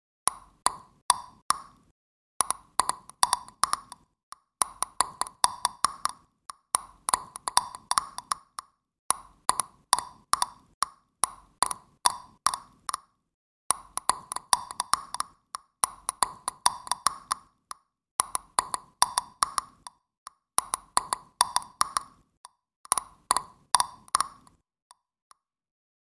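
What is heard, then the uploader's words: Mouth clicks made in quick bursts, sharp pops with a hollow middle tone and a crisp high edge, fired in rapid trains of several clicks. The bursts come every second or two, separated by short silences. Mouth clicks inspired by human echolocation.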